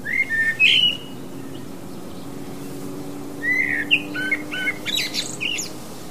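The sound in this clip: Blackbird calls: a few brief fluty chirps at first, then after a pause a quick varied run of higher squeaky and chinking notes, over a steady low hum.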